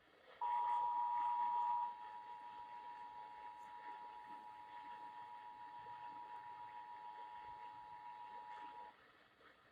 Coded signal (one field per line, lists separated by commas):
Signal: Emergency Alert System (SAME) tones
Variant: 853 and 960 Hz attention tone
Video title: MARCH CHANGES TAKE EFFECT! EAS Tests from April 2023